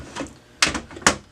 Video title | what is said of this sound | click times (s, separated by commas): Brother HL-L6200dw - How to Change Your Drum - Onyx Imaging | once you hear it click you know it's in there | 0.6 s, 1.1 s